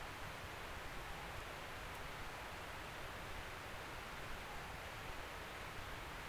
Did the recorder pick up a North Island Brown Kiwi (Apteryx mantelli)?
no